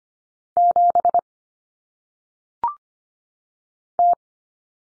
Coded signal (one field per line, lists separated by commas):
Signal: Morse code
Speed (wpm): 25 wpm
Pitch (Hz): 700 Hz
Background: none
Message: 7 T